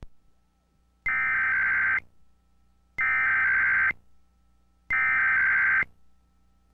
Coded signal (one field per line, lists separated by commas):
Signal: Emergency Alert System (SAME) tones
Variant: header bursts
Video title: Comcast (New Haven, Connecticut) EAS Required Weekly Test (March 27, 2003)